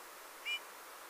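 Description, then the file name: Eurasian bullfinch uttering a single short, soft whistled note against a quiet, hissy background. "Pyrrhula pyrrhula"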